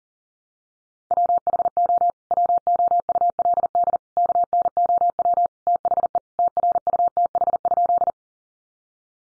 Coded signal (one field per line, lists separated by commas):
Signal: Morse code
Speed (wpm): 40 wpm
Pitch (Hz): 700 Hz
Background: none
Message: WHO WOULD KNOW THE TRUTH?